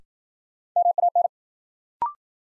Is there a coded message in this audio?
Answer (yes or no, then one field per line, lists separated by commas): yes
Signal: Morse code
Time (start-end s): 0.8-1.3 s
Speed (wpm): 55 wpm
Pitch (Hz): 700 Hz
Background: none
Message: MAN